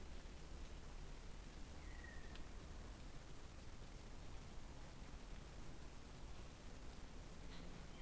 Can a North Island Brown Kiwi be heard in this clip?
no